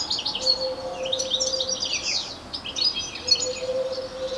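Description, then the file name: European Goldfinch chattering in quick liquid twitters and short buzzy notes, a brief pause midway, over a soft low drawn-out tone. "Carduelis carduelis"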